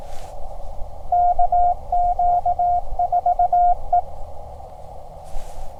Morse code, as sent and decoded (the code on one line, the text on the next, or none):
-.- --.- ....- .
KQ4E